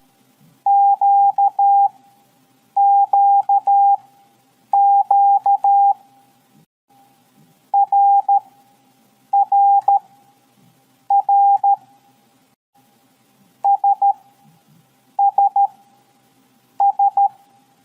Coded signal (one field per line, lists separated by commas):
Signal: Morse code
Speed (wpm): 13 wpm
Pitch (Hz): 800 Hz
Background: none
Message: QQQ RRR SSS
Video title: 1. LEARN MORSE CODE with FUN (2025 Update)!